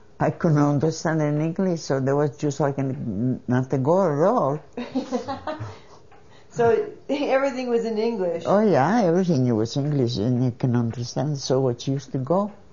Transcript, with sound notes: I couldn't understand in English, so there was just like not to go at all.
( she laughs ) So everything was in English.
Yeah, everything was in English, and you couldn't understand, so you used to go.